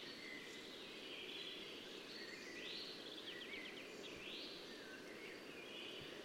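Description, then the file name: European robin song: high, sweet phrases with sharp rising and falling sweeps and a quick descending trill, heard over a broad steady hiss. "Erithacus rubecula"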